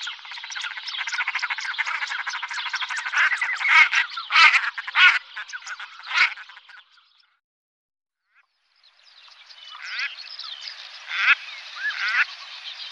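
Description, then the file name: Common shelduck cackling, dense rattling nasal notes with louder accented bursts, a brief quiet gap, then the cackling resumes more softly. "Gravand"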